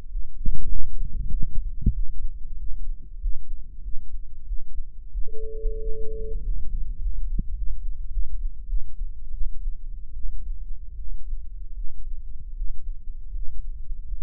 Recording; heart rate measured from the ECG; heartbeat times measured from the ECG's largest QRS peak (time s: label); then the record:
heart sounds by microphone in the right ear; 90 bpm
0.07 s: heartbeat
0.67 s: heartbeat
1.28 s: heartbeat
1.91 s: heartbeat
2.56 s: heartbeat
3.18 s: heartbeat
3.81 s: heartbeat
4.45 s: heartbeat
5.10 s: heartbeat
5.78 s: heartbeat
6.39 s: heartbeat
6.98 s: heartbeat
7.53 s: heartbeat
8.08 s: heartbeat
8.65 s: heartbeat
9.30 s: heartbeat
10.13 s: heartbeat
10.95 s: heartbeat
11.73 s: heartbeat
12.52 s: heartbeat
13.30 s: heartbeat
14.06 s: heartbeat
From the record:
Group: healthy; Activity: rest 0-5 s, breath hold 5-14 s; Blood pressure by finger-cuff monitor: 125/88 mmHg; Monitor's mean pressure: 100 mmHg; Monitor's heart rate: 94 bpm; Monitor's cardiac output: 6.6 L/min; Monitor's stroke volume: 70 mL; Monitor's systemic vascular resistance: 1120 dyn s/cm5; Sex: male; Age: 21 years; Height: 180 cm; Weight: 67.5 kg